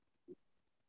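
A single brief, low snorting grunt over a quiet background: a dog snoring.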